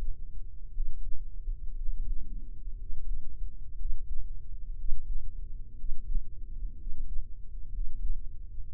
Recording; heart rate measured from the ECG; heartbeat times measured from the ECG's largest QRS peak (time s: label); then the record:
heart sounds by microphone in the right ear; 60 bpm
0.69 s: heartbeat
1.73 s: heartbeat
2.74 s: heartbeat
3.73 s: heartbeat
4.72 s: heartbeat
5.72 s: heartbeat
6.73 s: heartbeat
7.67 s: heartbeat
8.65 s: heartbeat
From the record:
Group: healthy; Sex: male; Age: 23 years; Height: 178 cm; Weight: 96.6 kg